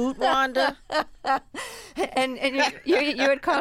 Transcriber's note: laughter